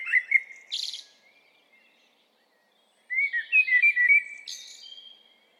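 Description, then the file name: Eurasian blackbird song: a mellow warbled whistled phrase ending in a high squeaky twitter, then a pause and a second fluty, wavering phrase with a thin high flourish. "Turdus merula"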